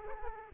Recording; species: mosquito wingbeat signal from an infrared sensor; Aedes aegypti